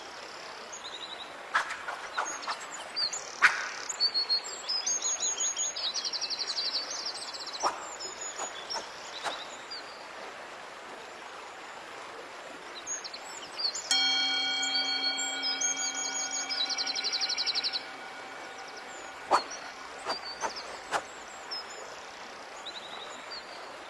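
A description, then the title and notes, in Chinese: Steady rushing water runs throughout beneath scattered bird chirps and short ticks, with a sustained ringing tone from about 14 to 18 seconds. 白噪音 中国风 高山流水 武侠练剑修仙氛围。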